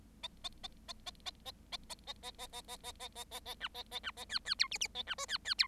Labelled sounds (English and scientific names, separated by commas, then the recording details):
Bengalese Finch (Lonchura striata domestica) song
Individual Bird7